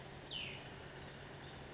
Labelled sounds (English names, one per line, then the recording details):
Cassin's Vireo
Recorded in Sonoma County, California